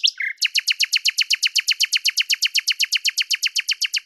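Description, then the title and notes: Common nightingale singing a brief buzzy note, then a long, rapid, very regular burst of identical sharp notes. At Lavours, France, on 10 May 1998; Tascam DAP-1 with Télingua microphone, edited in Samplitude 5.1. "D83, 01350 Lavours, France - rossignol à LAVOURS. 10/05/1998"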